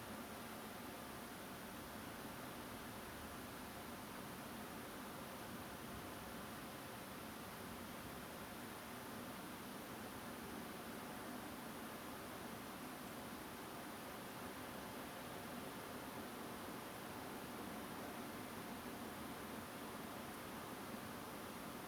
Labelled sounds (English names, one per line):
Song Thrush